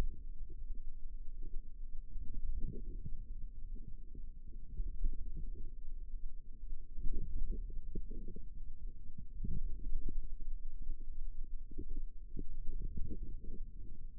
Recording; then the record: forearm muscle sounds (acoustic myography)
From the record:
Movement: ulnar deviation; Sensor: system 2, bracelet of six BSWA MPA416 microphones around the upper forearm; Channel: 3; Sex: female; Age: 22 years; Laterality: right